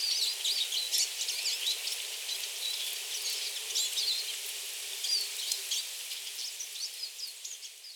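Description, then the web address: Eurasian siskin calls: rapid, irregular high chirps and twitters, busiest early and thinning slightly toward the end, over a faint hiss. Recorded at Kuroda, Tatsuno on 18 March 2024. "koe mahiwa 240318 tatsuno kuroda"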